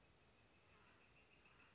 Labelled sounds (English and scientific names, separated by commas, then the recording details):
Northern Flicker (Colaptes auratus)
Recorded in Sonoma County, California